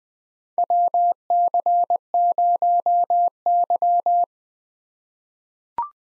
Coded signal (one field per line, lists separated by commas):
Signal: Morse code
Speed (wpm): 20 wpm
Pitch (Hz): 700 Hz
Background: none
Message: WC0Y